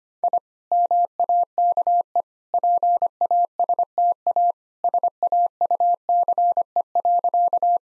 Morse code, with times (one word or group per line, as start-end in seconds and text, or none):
0.2-0.4 I
0.7-2.2 MAKE
2.5-4.5 PASTA
4.8-7.8 SAUCE.